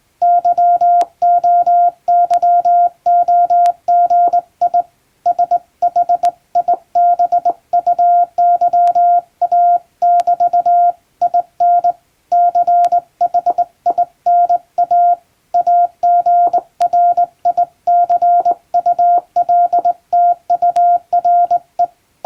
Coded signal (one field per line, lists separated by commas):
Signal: Morse code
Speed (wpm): 21 wpm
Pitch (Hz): 700 Hz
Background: none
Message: YOYOGI SHIBUYA<BT> IN CHINA AGRICULTURE